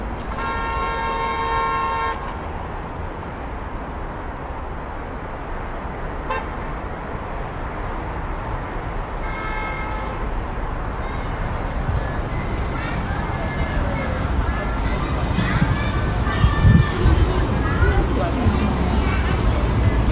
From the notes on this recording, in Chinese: 夏天老街 氛围城市 白噪音